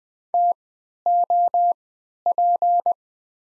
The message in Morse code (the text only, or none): TOP